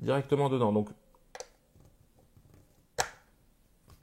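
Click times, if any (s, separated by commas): 3.0 s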